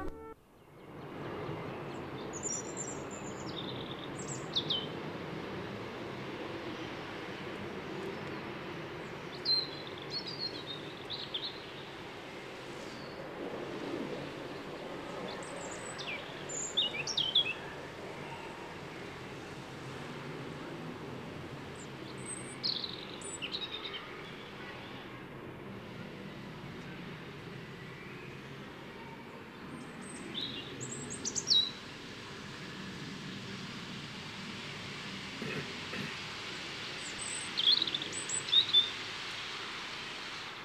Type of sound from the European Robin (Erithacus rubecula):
song